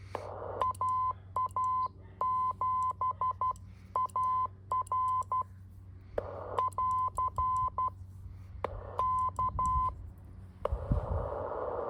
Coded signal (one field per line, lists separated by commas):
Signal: Morse code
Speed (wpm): 12 wpm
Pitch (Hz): 1020 Hz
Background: none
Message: AA7AR <AR> K